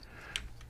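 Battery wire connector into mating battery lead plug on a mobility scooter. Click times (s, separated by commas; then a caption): 0.4 s. A plastic battery wire connector is pushed together past its front tab, joining red-to-red and black-to-black battery plugs on a 2024 redesigned Golden Companion GC340 mobility scooter. A single sharp click lands at 0.4 s, with fainter ticks at about 0.0 s and 0.6 s. The connector seats and latches into place.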